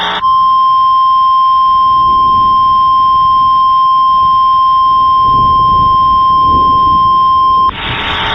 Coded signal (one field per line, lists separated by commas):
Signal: Emergency Alert System (SAME) tones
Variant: 1050 Hz attention tone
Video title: EAS Re-creation | Unusual High Wind Warning (5/13/2022)